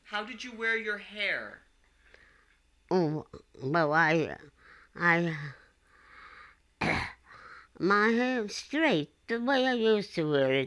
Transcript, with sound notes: How did you wear your hair?
Oh, well, I, I... ( she clears her throat ) My hair? Straight, the way I used to wear it.